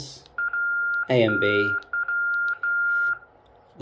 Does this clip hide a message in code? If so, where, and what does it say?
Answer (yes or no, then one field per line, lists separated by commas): no